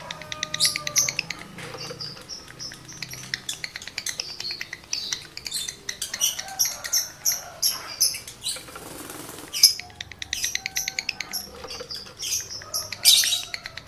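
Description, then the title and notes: Lovebird song: long run of fast, high, squeaky twitters and buzzy notes, broken by a short burst of rustling noise near the middle. Male lovebird in breeding condition, singing; the recording is used to stimulate other lovebirds to sing continuously. "Birahi Lovebird Jantan ke Gacor. Pancingan Suara Lovebird jantan birahi"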